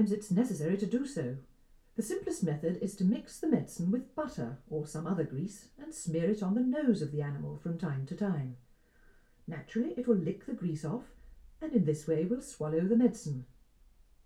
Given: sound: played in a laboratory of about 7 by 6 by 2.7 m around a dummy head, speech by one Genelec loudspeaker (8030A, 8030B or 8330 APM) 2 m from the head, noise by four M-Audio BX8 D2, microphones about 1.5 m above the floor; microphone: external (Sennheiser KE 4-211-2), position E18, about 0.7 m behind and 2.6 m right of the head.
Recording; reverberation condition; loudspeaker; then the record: female speech in English; low; 90 degrees to the right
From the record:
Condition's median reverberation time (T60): about 310 ms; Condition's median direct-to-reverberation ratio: about 3.5 dB